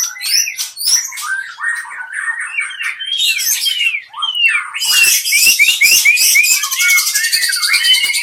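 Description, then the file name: White-rumped shama with swooping whistles and chips, then a harsh buzzy chatter with rapid notes to the end. Medan type song. "Suara Murai Medan"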